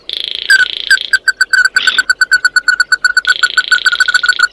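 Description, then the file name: Bird with quick repeated ringing notes, several per second, framed by two long harsh buzzy bursts and a brief rough squawk. "Tieng chim mat do"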